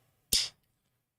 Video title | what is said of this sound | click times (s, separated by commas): Voron Trident and Box Turtle Part 4 | but it goes in there pretty good with a nice little satisfying snap. | 0.3 s